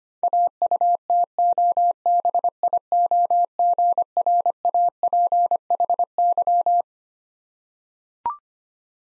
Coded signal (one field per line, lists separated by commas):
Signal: Morse code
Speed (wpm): 25 wpm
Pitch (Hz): 700 Hz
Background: none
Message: AUTOBIOGRAPHY